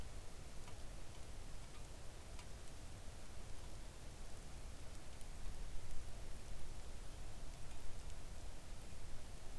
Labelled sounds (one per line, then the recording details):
rain
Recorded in the Arctic National Wildlife Refuge, Alaska, on 3 August 2019 at 05:52
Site 41